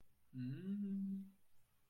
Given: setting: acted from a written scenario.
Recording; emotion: vocal sound without words; desire